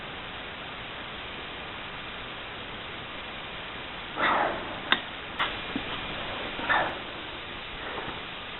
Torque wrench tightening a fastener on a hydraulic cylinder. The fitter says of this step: is really relieving when a torque wrench clicks. It's like, oh, thank God, nothing broke.